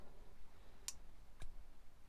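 A budget Winchester Ironsight folding knife with aluminium scales is pushed open using only the flipper tab, and the blade swings only part way without reaching its lock. Two small clicks at 0.9 s and 1.4 s are the tab and blade moving over a low background hum. Nothing has locked open, because the blade will not fully lock into place without a flick of the wrist.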